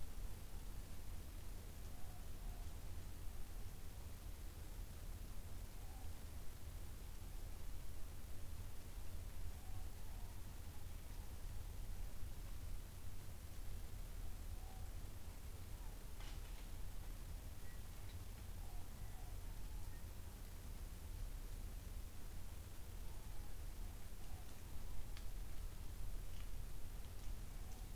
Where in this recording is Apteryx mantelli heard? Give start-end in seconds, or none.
none